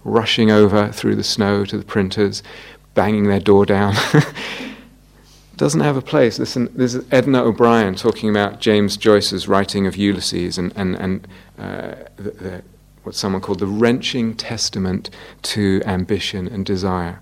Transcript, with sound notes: Rushing over through the snow to the printer's, banging their door down. [laughter] Doesn't have a place. This is Edna O'Brien talking about James Joyce's writing of Ulysses, and what someone called "the wrenching testament to ambition and desire":